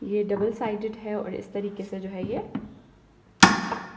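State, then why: Seated. Someone talks while the two halves of a double-sided grill pan are closed together. The metal latch locks shut with one sharp click at 3.4 seconds, followed by a brief ringing decay.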